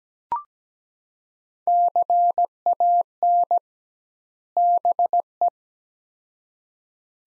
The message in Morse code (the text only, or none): CAN BE